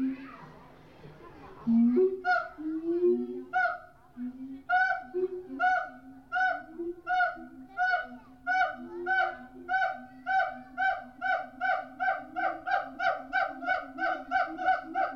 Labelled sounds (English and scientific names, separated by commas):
Siamang (Symphalangus syndactylus)